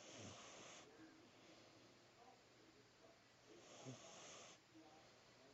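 Two soft, airy, hissing breath sounds about four seconds apart, with a faint low rattle under them. A cat snoring quietly in sleep.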